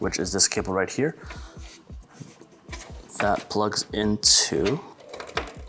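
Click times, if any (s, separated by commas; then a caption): 5.4 s. A front-panel USB-C header cable is plugged into the motherboard header while someone talks. A few small clicks come just before 5.2 s, then a sharper click at 5.4 s marks the connector clicking in, seated.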